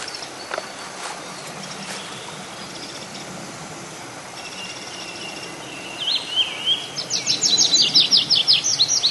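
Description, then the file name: Tree pipit song: quiet hiss at first, then a slurred note leading into a run of loud repeated downslurred high notes. "konek lesnojj"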